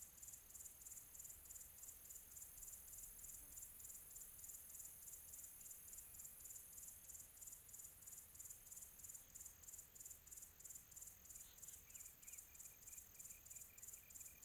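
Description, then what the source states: Cricket chirping, a steady high pulsed buzz repeating about three times a second, joined near the end by a series of short even tonal beeps. Quiet tropical ambience.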